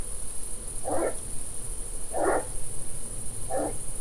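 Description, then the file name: Pine marten giving three short, rough calls spaced over a second apart, with a constant high-pitched hiss and low rumble behind. "Martora da xenocanto"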